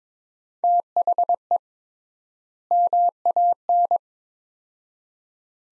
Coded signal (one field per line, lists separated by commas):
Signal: Morse code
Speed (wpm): 22 wpm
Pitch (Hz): 700 Hz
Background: none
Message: THE MAN